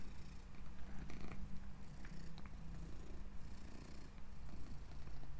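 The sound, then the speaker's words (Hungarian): An old male cat named Cica purrs steadily and continuously, a low rumbling drone with a gentle rhythmic pulse, fairly quiet, with no voices over it. “Halljátok, ahogy darombol?”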